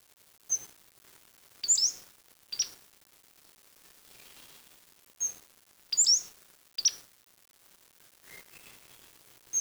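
Bird chirps: thin, very high, clipped notes in a short cluster of three, repeated about four and a half seconds later, with a faint lower note near the end.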